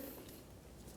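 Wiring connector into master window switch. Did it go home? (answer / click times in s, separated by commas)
no / none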